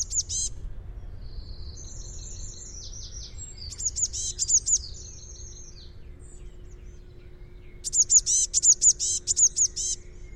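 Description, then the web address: Eurasian blue tit calling in short bursts of rapid, high, buzzy chattering notes at the start and near four and eight seconds, with a few lower trilled notes between. "Deverinetal 2025 File origin Bird Only Cy Ca"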